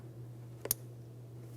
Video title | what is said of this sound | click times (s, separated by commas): How to Replace Exhaust Manifold 2003-2008 Toyota Matrix 1.8L L4 | Now, after that audible click, we'll give it a tug to make sure it's secured in place. | 0.7 s